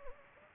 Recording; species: mosquito wingbeat signal from an infrared sensor; Anopheles gambiae